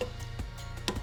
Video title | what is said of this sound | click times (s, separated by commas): Safari Aramax POWER MODULE Install | oh that's a very satisfying click Jetta | 0.9 s